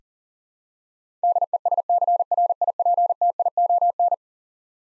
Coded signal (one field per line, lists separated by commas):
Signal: Morse code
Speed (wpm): 40 wpm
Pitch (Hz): 700 Hz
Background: none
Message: DESCRIPTION